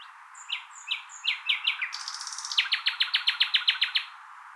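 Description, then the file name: Common nightingale song: several sharp chirps, a buzzy flourish, then a bright, evenly rapid trill of repeated notes. "Luscinia megarhynchos"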